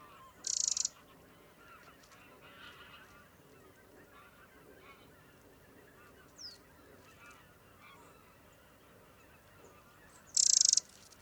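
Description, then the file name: Eurasian wren uttering two harsh, high rattling bursts roughly ten seconds apart, with faint birdsong between them. "Troglodytes troglodytes"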